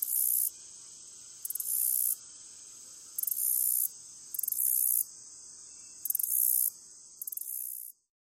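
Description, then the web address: Black-legged meadow katydid song, a series of high-pitched buzzy bursts, each starting with short stuttering ticks, recurring about every one and a half seconds before ending abruptly. "Crickets and Katydids. Blacklegged Meadow Katydid, Orchelimum nigripes"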